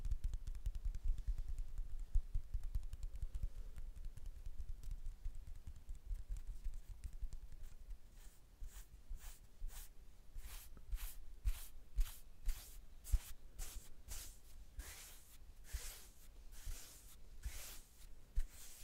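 Hand sounds: the first several seconds hold soft, low fumbling and faint taps. From about eight seconds on, quick dry swishes of hands rubbing or brushing come in a steady rhythm, roughly two per second, crisp.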